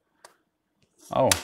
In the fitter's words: this clip isn't strong on this side you can see that but on this side since it's the official Lego one holding it in it's strong